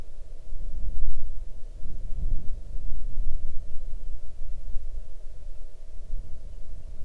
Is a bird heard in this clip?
yes